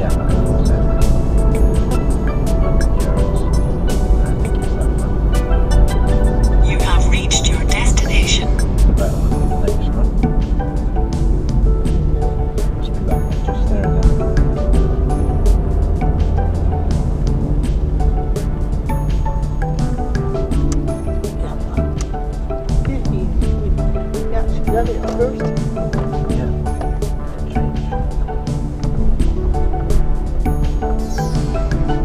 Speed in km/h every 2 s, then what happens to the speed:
48, 47, 45, 44, 39, 24, 24, 29, 27, 19, 10, 6, 5, 6, 8, 10.
0-10 slows to 24. 10-16 steady at about 24. 16-21 brakes to 6. 21-32 steady at about 6.